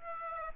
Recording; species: mosquito wingbeat signal from an infrared sensor; Aedes aegypti